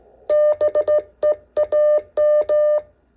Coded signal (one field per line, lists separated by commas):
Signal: Morse code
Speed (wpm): 16 wpm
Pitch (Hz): 600 Hz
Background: none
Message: BEAM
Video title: STRAIGHT KEY MORSE CODE PRACTICE